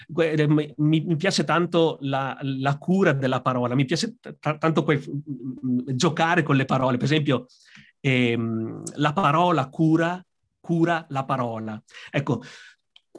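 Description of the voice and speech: Adult man speaking Italian with frequent repeated words and syllables, stretched sounds and filled pauses: very marked stuttering, present since adolescence.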